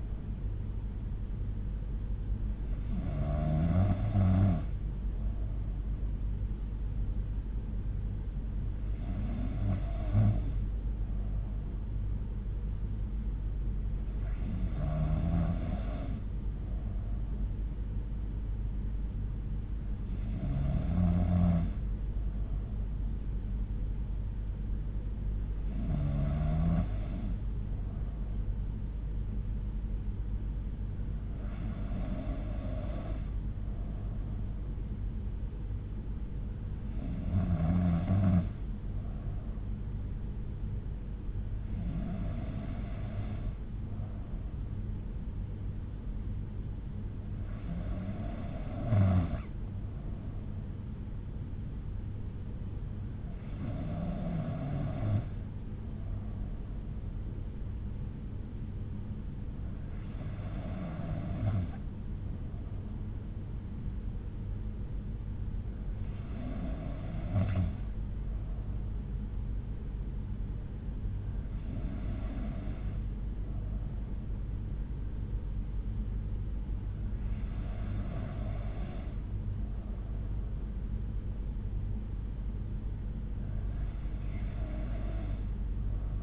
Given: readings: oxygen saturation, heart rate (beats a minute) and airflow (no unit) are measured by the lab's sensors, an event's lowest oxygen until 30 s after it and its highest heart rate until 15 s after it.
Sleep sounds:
breathing in sleep by a smartphone at the bedside; none
none scored
From the record:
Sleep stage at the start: N3 (deep sleep); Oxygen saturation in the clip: 92 to 93%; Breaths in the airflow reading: 15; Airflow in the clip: -4.7 to 3.2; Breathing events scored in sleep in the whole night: 368 in 8.0 hours asleep

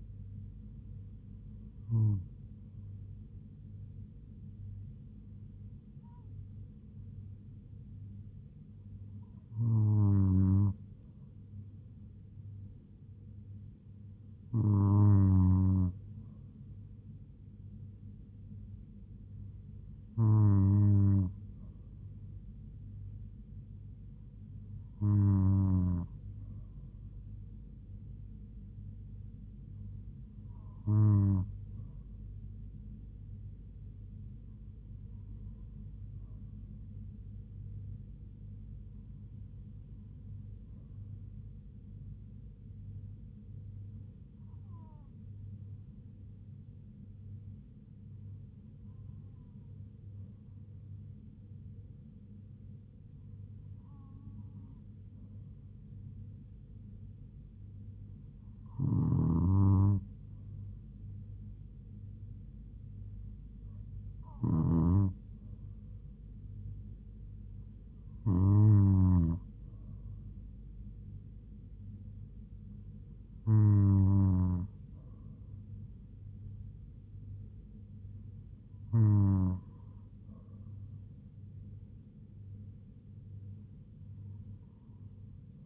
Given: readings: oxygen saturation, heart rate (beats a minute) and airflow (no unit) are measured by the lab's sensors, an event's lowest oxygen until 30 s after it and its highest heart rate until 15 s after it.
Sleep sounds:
breathing in sleep by a smartphone at the bedside; none
none scored
From the record:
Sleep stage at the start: N2 (light sleep); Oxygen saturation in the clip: 96 to 97%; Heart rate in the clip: 69 to 78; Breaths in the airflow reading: 18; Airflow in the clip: -3.7 to 3.3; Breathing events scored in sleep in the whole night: 158 in 7.3 hours asleep

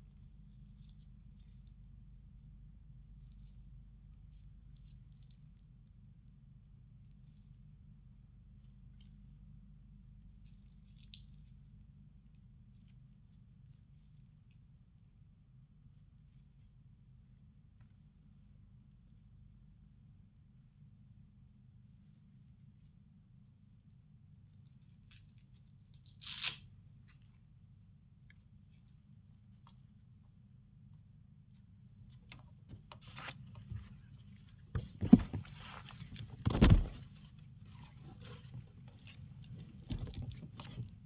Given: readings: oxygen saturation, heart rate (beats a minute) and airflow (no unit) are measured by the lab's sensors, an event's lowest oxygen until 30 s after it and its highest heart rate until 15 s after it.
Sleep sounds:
a person awake in a sleep study, by a smartphone at the bedside; none
0.00-41.06 s: awake
From the record:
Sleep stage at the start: awake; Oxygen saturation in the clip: 94 to 95%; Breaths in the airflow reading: 12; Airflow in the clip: -6.2 to 8.6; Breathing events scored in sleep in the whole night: 270 in 6.1 hours asleep

